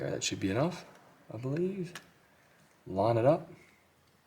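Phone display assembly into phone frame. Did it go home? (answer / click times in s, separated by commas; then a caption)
no / none. A phone display assembly is lifted slightly and lined up over an iPhone 14 / 14 Plus frame during a battery replacement, while someone talks in three short bursts with quiet gaps between. Nothing has seated or clicked yet.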